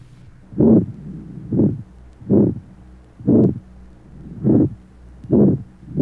Age 16, congenital aortic stenosis, aortic area.